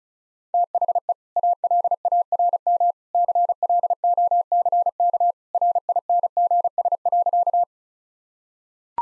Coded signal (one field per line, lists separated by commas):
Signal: Morse code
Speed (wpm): 36 wpm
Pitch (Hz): 700 Hz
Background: none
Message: THE ALARM CLOCK RINGS.